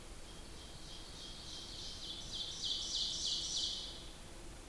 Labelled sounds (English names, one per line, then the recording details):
Ovenbird song
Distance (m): 50 m
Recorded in boreal forest in Alberta, Canada, on 8 June 2016 at 08:37
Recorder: SongMeter 3, array SBT-3-9
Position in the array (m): 165 m, 150 m
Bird 35